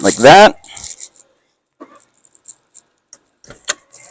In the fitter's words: click in like that